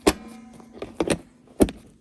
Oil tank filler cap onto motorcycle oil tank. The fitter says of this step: here a little click